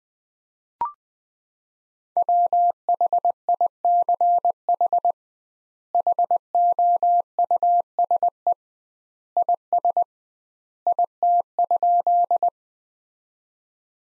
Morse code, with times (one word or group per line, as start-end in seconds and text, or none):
2.2-5.1 WHICH
5.9-8.5 HOUSE
9.4-10.0 IS
10.9-12.5 IT?